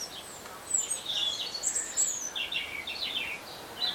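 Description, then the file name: European robin giving thin, high, varied twittering phrases that rise and fall in quick runs, with short pauses between bursts, over a steady hiss of background noise. "Erithacus rubecula"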